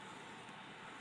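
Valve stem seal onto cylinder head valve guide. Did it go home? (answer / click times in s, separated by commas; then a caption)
no / none. A valve stem seal is handled by hand over a valve guide on the cylinder head of a third-generation Honda Prelude B20A5 engine during assembly. Only a steady broadband noise with a low hum is heard, with no distinct sounds. Nothing has seated or clicked yet.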